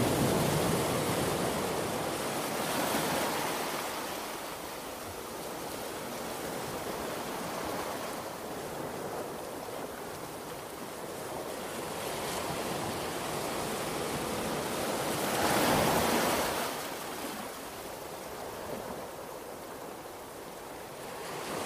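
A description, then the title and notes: Ocean waves wash in a continuous hiss with no gaps. The roar swells and eases slowly, rising near the start, again around eight seconds, and most strongly near sixteen seconds before settling back into a steady, dense rush. Ocean Waves Sleep Sounds White Noise.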